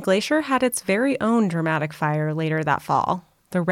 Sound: none